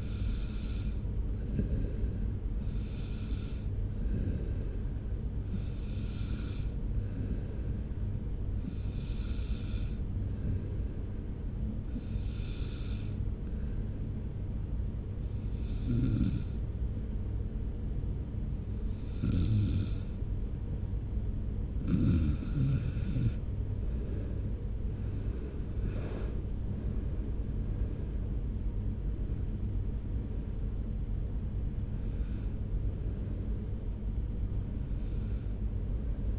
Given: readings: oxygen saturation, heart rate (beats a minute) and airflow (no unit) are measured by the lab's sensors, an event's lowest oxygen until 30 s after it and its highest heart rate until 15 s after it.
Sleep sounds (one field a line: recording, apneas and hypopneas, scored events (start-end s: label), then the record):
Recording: breathing in sleep by a smartphone at the bedside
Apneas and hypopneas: none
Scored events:
18.00-36.39 s: new sleep stage, N1 (lightest sleep)
From the record:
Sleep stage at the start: N2 (light sleep)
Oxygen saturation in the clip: 92 to 93%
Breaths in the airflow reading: 12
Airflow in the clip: -2.4 to 4.5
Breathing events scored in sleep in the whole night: 335 in 6.7 hours asleep